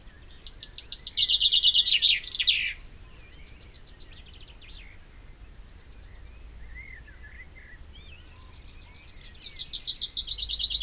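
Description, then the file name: Common chaffinch song, a quick trill with an end flourish, then the start of another song after a pause with soft calls in between. "Fringilla coelebs"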